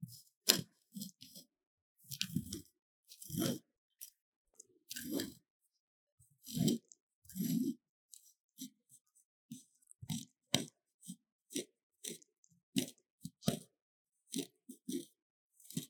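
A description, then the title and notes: A metal tool scrapes a magnesium block in short, separate strokes, each a dry gritty rasp with a crisp bright edge. Around twenty strokes come at an irregular pace with silent gaps between them. Relaxing Scrape Magnesium Powder Block | NoTalking. 壓碎聲與捏碎聲.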